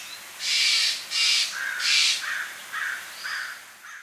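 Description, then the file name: Steller's jay giving three loud rasping notes, with several shorter, lower and softer harsh notes between and after them. "Cyanocitta stelleri - Steller's Jay"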